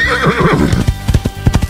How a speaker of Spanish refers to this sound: Usted tenía que poner los caballos justamente a galopar en el momento adecuado.